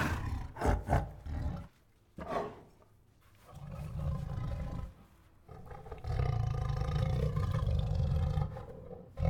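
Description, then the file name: Tiger huffing in short sharp bursts at first, then deep rumbling growls and a sustained moaning roar in the second half. Restless tiger producing growls, huffs, moans and roars. "Sound Ideas. Restless with Growls, Huffs, Moans and Roars"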